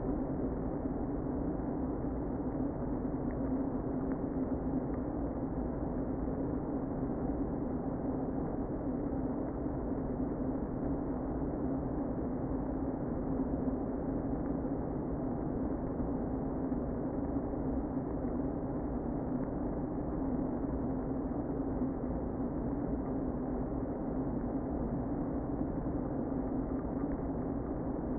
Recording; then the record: honeybee colony, microphone inside the hive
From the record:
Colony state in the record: queen present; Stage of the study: before two queens were removed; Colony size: about 60,000 bees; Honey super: yes